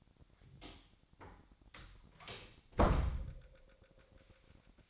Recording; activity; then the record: daily activity, microphone in the room; close door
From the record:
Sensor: 3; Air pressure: 1007.3 hPa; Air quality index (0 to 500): 199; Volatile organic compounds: 16 ppm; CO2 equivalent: 2552 ppm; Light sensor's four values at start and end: 12/29/12/12 and 12/29/12/12